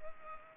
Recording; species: mosquito wingbeat signal from an infrared sensor; Culex pipiens